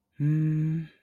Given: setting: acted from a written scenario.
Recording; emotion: vocal sound without words; serenity